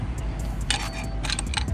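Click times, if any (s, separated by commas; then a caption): 0.7 s. A wrench tightens a threaded brake line fitting into the port of a dual-caliper hydraulic e-brake being installed on a 2000 Camaro Z28/SS F-body. The fitting first seemed to grab, then started slipping, giving a sharp click at 0.7 s and further quick ticks around 1.3 s and 1.6 s as the wrench and fitting slip. The thread is stripped from a 15 down to a 14 size.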